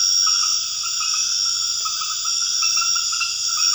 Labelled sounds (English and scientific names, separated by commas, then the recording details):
none
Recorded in dense forest near Puerto Asís, Putumayo, Colombia, on 9 March 2025 at 22:30
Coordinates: 0.481, -76.323
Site G088